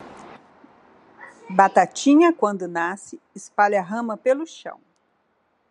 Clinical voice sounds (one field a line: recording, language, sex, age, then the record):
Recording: short text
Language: Brazilian Portuguese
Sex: female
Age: 50 to 59 years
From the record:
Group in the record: control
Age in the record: 54 years